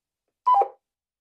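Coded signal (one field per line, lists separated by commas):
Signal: roger beep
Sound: one brief descending two-note beep, high then slightly lower, in silence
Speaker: all right and I have the Roger beep on so let's admire that Roger beep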